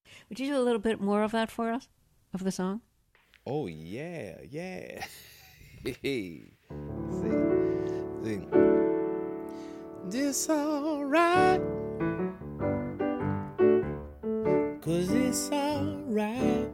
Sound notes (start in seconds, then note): 4.9 laughter; 6.7 playing piano, singing